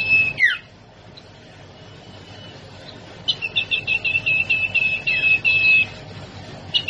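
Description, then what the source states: Sirtu song: a sharp downslurred note at the start, a quiet gap, then a long run of fast, repeated high chirps over a thin whistle. Masteran training song for cage birds, with the full variety of sirtu song variations.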